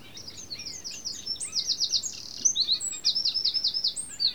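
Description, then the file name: Eurasian wren singing fast, high, tumbling notes that break into dense rattling trills, continuing without pause to the end. "Troglodytes troglodytes"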